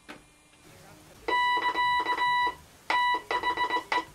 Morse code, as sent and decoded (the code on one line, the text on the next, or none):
-.-.- / - .... .
<KA> THE